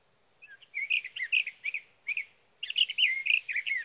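Sage thrasher song, two bursts of rich rapid warbling separated by a short pause.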